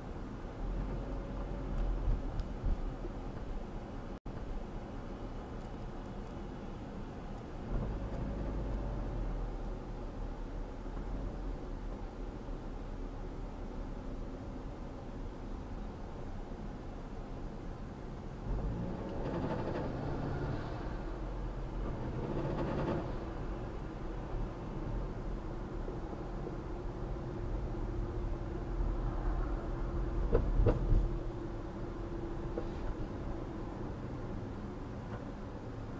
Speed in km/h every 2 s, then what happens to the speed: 29, 29, 29, 29, 31, 31, 29, 29, 27, 31, 35, 40, 40, 39, 39, 37, 37, 32.
0-17 steady at about 29. 17-22 speeds up to 40. 22-32 steady at about 39.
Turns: none.